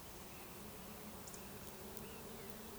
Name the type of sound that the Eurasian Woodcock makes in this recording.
whistle